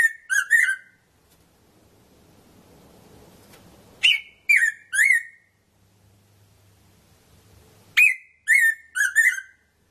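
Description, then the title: Red-throated parrotfinch: three bursts of three or four harmonic, falling notes, spaced about four seconds apart, quiet between. "Erythrura Psittacea"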